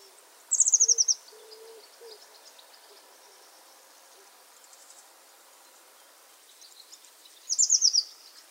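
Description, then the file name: Eurasian blue tit calls: two short bursts of rapid, very high, descending ticking notes, one near the start and one near the end, with faint low notes and a quiet background between. "Cyanistes caeruleus"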